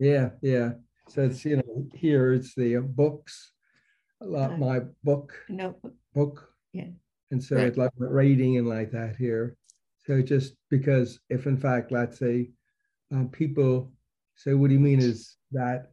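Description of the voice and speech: Adult male stroke survivor with aphasia of 36 years' duration, in conversational speech. The speech is halting and fragmented, with frequent long pauses, word-finding difficulty, and repeated, self-corrected words. He often writes the words he wants to say.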